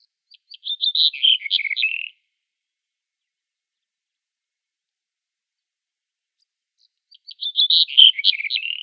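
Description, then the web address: Black-headed bunting song: a short jangling phrase of a few thin introductory notes, then a quick descending warble, given twice about seven seconds apart in quiet surroundings. "Schulze Peter Black-headed Bunting song"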